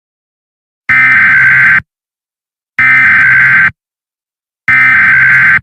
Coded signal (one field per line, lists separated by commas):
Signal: Emergency Alert System (SAME) tones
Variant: header bursts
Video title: EAS Scenario Story-A Varied Horror